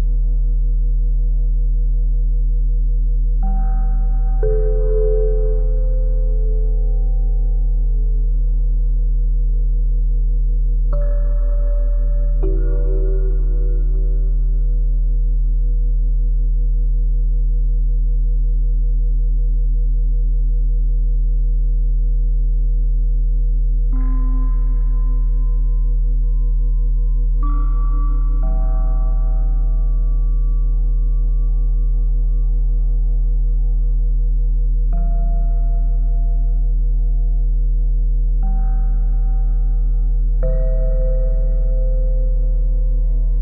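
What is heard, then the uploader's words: Steady sustained tones at 174Hz, 417Hz and 741Hz hum underneath, with singing bowls struck every few seconds, near 4, 11–12, 24, 28, 35 and 40 seconds. Each strike rings bright and shimmering, then slowly fades into the continuous low drone. 174Hz+417Hz+741Hz.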